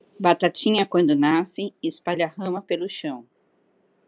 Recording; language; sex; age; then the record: short text; Brazilian Portuguese; female; 40 to 49 years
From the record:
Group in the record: control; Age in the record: 46 years